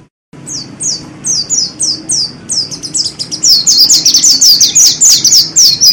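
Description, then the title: Oriental magpie-robin song starting after a short silence: high, down-sliding chirped notes that speed up and grow louder into a dense, rapid chattering series. "Kicau Kacer"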